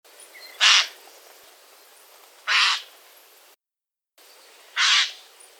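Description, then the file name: Eurasian jay giving harsh, rasping screeches, three loud bursts spaced about two seconds apart, with a brief silent gap between the second and third. "Garrulus glandarius"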